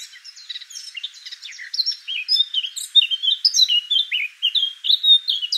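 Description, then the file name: Eurasian blackcap warbling song starting with scratchy, jumbled notes and moving into clear, repeated slurred whistles that ring out toward the end. "Sylvia atricapilla"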